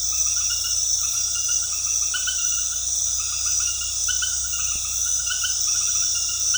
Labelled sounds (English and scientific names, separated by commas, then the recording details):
none
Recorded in dense forest near Puerto Asís, Putumayo, Colombia, on 21 February 2024 at 20:00
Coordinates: 0.485, -76.322
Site G6406